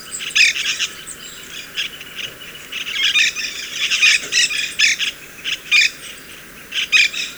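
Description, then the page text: White-winged parakeet calls, sharp grating shrieks and chattering notes delivered in uneven bursts. Shrieks, slightly higher-pitched than those of the Monk Parakeet. "White-winged Parakeet. Audio (M. Oberle)"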